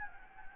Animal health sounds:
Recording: mosquito wingbeat signal from an infrared sensor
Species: Anopheles gambiae

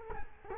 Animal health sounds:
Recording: mosquito wingbeat signal from an infrared sensor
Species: Culex quinquefasciatus

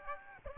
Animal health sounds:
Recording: mosquito wingbeat signal from an infrared sensor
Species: Aedes albopictus

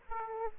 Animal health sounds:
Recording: mosquito wingbeat signal from an infrared sensor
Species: Aedes aegypti

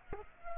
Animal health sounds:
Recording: mosquito wingbeat signal from an infrared sensor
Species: Culex pipiens

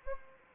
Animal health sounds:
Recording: mosquito wingbeat signal from an infrared sensor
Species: Anopheles arabiensis

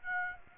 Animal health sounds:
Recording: mosquito wingbeat signal from an infrared sensor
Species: Aedes aegypti

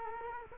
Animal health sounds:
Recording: mosquito wingbeat signal from an infrared sensor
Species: Culex quinquefasciatus

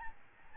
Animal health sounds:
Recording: mosquito wingbeat signal from an infrared sensor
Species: Aedes albopictus

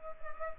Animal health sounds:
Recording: mosquito wingbeat signal from an infrared sensor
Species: Culex pipiens

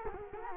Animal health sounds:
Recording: mosquito wingbeat signal from an infrared sensor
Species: Culex quinquefasciatus

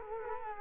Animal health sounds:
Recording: mosquito wingbeat signal from an infrared sensor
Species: Culex quinquefasciatus

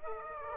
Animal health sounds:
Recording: mosquito wingbeat signal from an infrared sensor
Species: Aedes aegypti

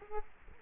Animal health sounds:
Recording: mosquito wingbeat signal from an infrared sensor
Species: Culex quinquefasciatus

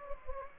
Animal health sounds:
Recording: mosquito wingbeat signal from an infrared sensor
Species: Anopheles gambiae

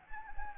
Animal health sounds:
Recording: mosquito wingbeat signal from an infrared sensor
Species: Anopheles gambiae

